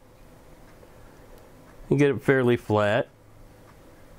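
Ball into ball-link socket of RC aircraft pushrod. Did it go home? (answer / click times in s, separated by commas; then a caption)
no / none. A metal ball is set on the larger opening of a plastic ball-link socket on the pushrod of a Phoenix Model P-40 Warhawk RC aircraft and worked fairly flat, ready to be squeezed in with pliers. Someone talks from about 1.9 to 3.0 seconds over a quiet, faint background. The ball has not snapped into the socket yet.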